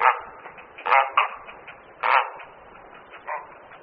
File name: Volavka-popelavá